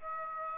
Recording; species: mosquito wingbeat signal from an infrared sensor; Aedes aegypti